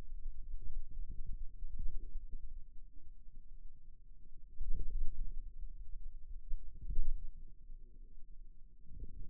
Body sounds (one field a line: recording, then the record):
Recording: forearm muscle sounds (acoustic myography)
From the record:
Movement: hand closing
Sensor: system 2, bracelet of six BSWA MPA416 microphones around the upper forearm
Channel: 1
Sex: male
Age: 22 years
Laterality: right